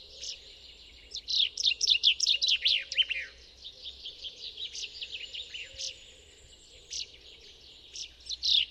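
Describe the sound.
Common chaffinch song: a rapid run of sharp notes that falls in pitch, ending in a brief flourish, with scattered chirps afterward.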